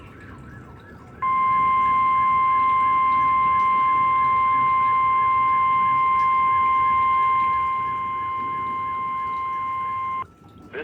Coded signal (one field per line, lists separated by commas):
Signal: Emergency Alert System (SAME) tones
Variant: 1050 Hz attention tone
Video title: EAS/NWR Alert or message #881: Required Weekly Test #3